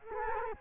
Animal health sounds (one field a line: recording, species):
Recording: mosquito wingbeat signal from an infrared sensor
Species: Culex quinquefasciatus